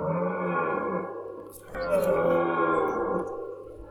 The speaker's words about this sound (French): Est-ce un cerf ? Oui, ça se voit, c'est et le cri qu'il fait quand il essaye d'attirer les femelles. Comment s'appelle ce cri ? Je ne sais plus, malheureusement.